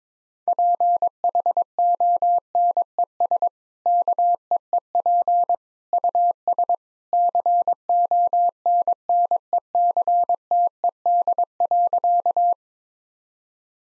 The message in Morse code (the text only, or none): PHONES KEEP US CONNECTED.